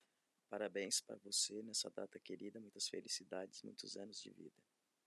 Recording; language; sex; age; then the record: short text; Brazilian Portuguese; female; 40 to 49 years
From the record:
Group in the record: control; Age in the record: 40 years